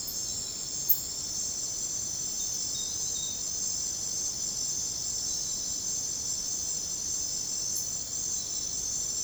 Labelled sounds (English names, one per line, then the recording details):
none
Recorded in secondary vegetation near Puerto Asís, Putumayo, Colombia, on 20 December 2024 at 22:30
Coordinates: 0.489, -76.322
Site G059